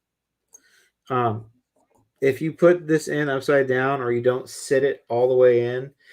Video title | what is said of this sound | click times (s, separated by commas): Para 3 Ripps hardware install | you so just twist it until it pops into place | 0.6 s